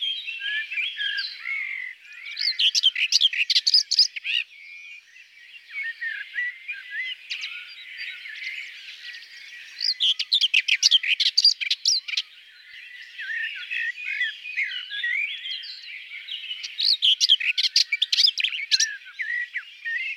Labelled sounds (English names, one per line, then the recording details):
Common Whitethroat song
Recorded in the wild
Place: Merdingen bis Ihringen / Kaiserstuhl, Baden-Württemberg, DE
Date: 1979-05-27
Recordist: Schwarz, Dieter